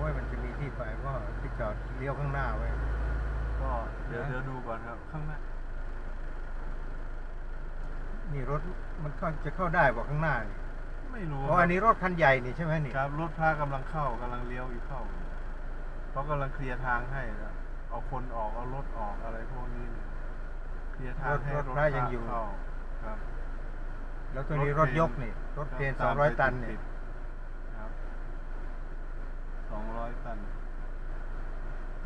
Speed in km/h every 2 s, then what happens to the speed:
4, 1, 0, 0, 1, 3, 2, 1, 1, 0, 0, 1, 2, 1, 1, 1.
2-32 standing.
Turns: none.